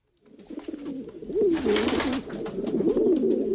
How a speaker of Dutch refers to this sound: Dit vind ik zo'n leuk geluid. Ja, ik ben gek op duiven. Ja, ik heb dus echt, wel een hekel aan duiven, maar bijna iedereen heeft een hekel aan duiven. Waarom? Ratten van de lucht worden ze genoemd.